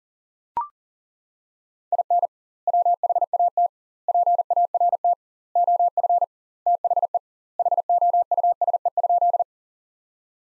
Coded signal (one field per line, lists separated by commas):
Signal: Morse code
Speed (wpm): 40 wpm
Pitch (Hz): 700 Hz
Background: none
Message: IN WHAT PART OF THE HOUSE?